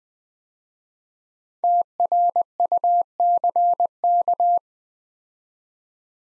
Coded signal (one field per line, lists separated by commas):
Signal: Morse code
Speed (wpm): 20 wpm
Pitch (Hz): 700 Hz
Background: none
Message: TRUCK